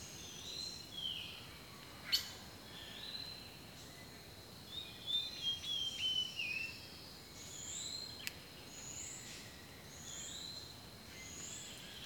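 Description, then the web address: Bird song: a run of high, clear whistles sliding downward in short linked phrases midway, over a steady high insect drone, with two sharp clicks. Rainforest birdsong. "Pre-Uni Library Enter Natures Songs Nature Sounds The Natural Sounds of the Wilderness 10 CDs collection Echoes of Nature - Rainforest Birdsong"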